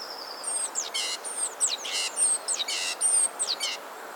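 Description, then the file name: Great tit calls: high thin whistled notes dropping sharply in pitch, alternating with short buzzy chatters several times in quick succession. "Parus major"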